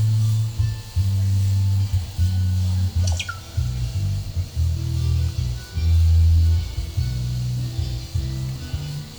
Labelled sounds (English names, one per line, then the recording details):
none
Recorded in pastures near Puerto Asís, Putumayo, Colombia, on 22 December 2024 at 14:00
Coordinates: 0.497, -76.327
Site G088